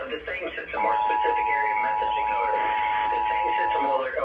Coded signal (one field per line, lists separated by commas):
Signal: Emergency Alert System (SAME) tones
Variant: 853 and 960 Hz attention tone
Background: speech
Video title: RWT On September 11th - EAS Tests From 9/11/24 (EAS #2538-2544)